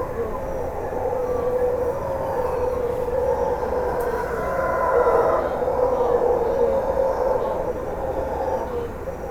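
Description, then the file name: Howler monkey roaring, deep and drawn-out, swelling near the middle, over a constant rushing background noise. Tortuguero. "Alouatta singe hurleur Tortuguero Duperrex"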